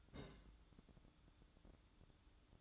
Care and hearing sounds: daily activity, microphone in the room; place on stove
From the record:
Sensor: 3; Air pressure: 1008.0 hPa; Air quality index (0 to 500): 127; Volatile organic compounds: 2 ppm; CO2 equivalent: 1052 ppm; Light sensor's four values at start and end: 9/21/8/8 and 9/21/8/8

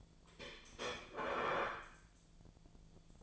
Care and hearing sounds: daily activity, microphone in the room; place plate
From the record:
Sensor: 5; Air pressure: 1009.5 hPa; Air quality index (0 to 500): 167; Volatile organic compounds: 4 ppm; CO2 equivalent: 1617 ppm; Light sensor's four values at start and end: 95/254/103/109 and 95/253/102/108

